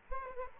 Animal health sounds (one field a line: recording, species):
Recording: mosquito wingbeat signal from an infrared sensor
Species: Culex quinquefasciatus